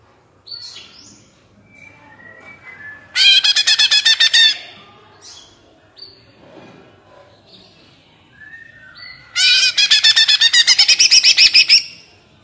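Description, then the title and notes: Leafbird giving two loud, dense buzzy rattling bursts, the second longer, with softer whistled notes in between. Cucak ijo singing gacor (constantly) and melodiously, ngentrok style with raised crest (jambul nembak); suitable as a master recording for training captive birds. "Cucak Ijo Gacor Ngentrok Jambul Nembak. suara burung cucak ijo gacor, merdu cocok buat masteran burung cucak ijo"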